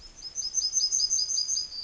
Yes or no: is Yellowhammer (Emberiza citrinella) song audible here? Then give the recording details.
yes. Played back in forest. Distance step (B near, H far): D. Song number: 060